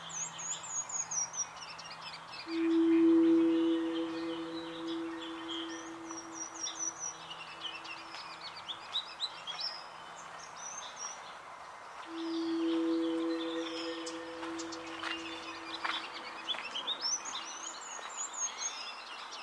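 Birds chirp and trill high and bright throughout at a wetland along a river, with calls overlapping in a steady outdoor hush. Twice, near the start and again past the middle, a low steady drone swells for several seconds and fades, like a horn or engine.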